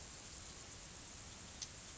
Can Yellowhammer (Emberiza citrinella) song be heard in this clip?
no